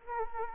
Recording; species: mosquito wingbeat signal from an infrared sensor; Anopheles arabiensis